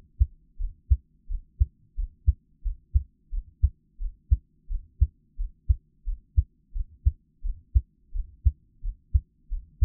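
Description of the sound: Heart. Normal adult heart sounds, a steady heartbeat close-miked for Taiwanese ASMR, with no talking.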